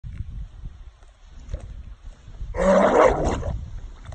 Dog coughing.